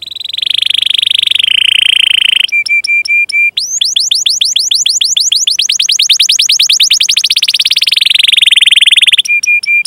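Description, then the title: Canary song: a loud, varied sequence of sustained high buzzy tones, then short repeated notes and a long rapid trill of downward-sweeping notes, ending in clipped repeated whistles. Canary singing vigorously (gacor), with its best melodic phrasing (cengkok) and richest fill-in (isian), for bird-song training. "Kenari Gacor Cengkok Terbaik Isian Paling Mewah Kenarigacor Kicaumania Kenari"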